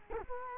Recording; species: mosquito wingbeat signal from an infrared sensor; Culex quinquefasciatus